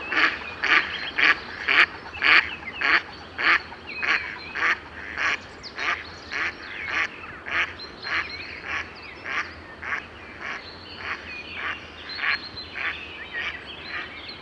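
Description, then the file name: Mallard giving a long, steady run of nasal quacks, about two per second, slowly weakening toward the end. "Mallard (Anas platyrhynchos)"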